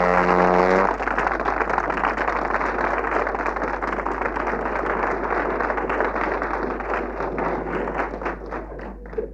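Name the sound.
audience applause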